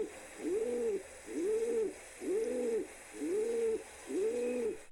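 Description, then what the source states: Rock pigeon cooing, five soft, low, arched coos spaced about a second apart over a faint steady hiss. Recording played from a bird identification app; species commonly found in Washington, D.C.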